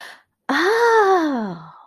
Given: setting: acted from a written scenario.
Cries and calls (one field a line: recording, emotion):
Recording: vocal sound without words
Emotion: realization